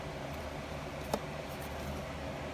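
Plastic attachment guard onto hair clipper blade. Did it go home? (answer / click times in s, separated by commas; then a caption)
yes / 1.1 s. A red Wahl Premium plastic clipper guard, whose metal clip inside has been bent down to fix a rattle, is pushed onto the hair clipper blade. Over a steady low background hiss, a single short, sharp snap is heard at 1.1 s as the guard clicks into place and is seated on the blade.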